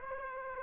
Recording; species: mosquito wingbeat signal from an infrared sensor; Aedes aegypti